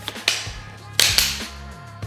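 A four-section carbon folding trekking pole is unfolded, and spring pins lock each joint as the sections snap together. Sharp clicks are heard at 0.3, 1.0 and 1.2 seconds, with a faint low hum underneath. Everything locks into place with a satisfying click.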